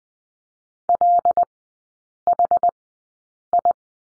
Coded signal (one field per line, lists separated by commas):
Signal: Morse code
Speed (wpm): 20 wpm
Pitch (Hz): 700 Hz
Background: none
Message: LHI